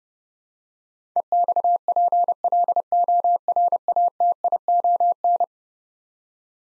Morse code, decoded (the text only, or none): EXPLORATION